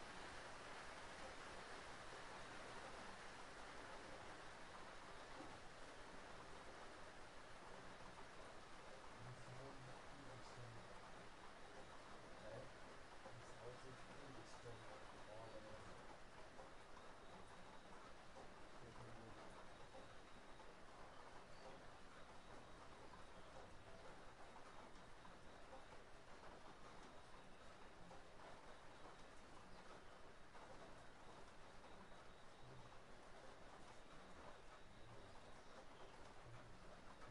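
Hard rain pours steadily onto a roof, a dense, unbroken hiss that holds the same level from start to finish. Low thumps and brief deeper rumbles surface now and then beneath the wash, especially around the middle.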